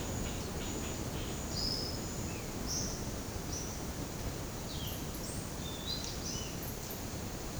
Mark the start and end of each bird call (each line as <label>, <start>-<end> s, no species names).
bird call, 1.53-3.65 s
bird call, 5.62-6.52 s